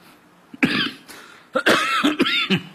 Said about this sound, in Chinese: 主要演员事儿就多，一说唱，他就要咳嗽，啊，这是一种反应啊，还得哼哼